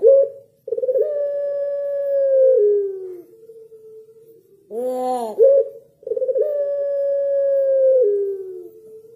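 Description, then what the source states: Barbary dove coo: long flat note dipping at its end, a soft lingering hum, a single harsh rolled arch, then the drawn coo again. White Barbary dove; used as training material for songbirds to copy.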